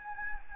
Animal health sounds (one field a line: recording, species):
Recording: mosquito wingbeat signal from an infrared sensor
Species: Anopheles gambiae